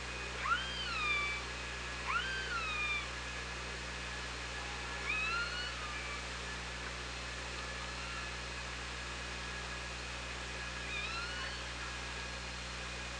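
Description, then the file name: Orca calls, a series of rising and falling pulsed tones with harmonics, clustered early then spaced out, over constant low hum and background hiss. Recorded by OrcaLab on 24 August 2017. "Orca Lab 20170824"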